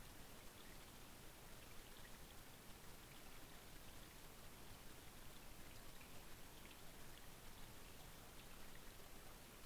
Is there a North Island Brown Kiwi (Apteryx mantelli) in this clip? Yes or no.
no